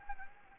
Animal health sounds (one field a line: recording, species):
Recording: mosquito wingbeat signal from an infrared sensor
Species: Anopheles gambiae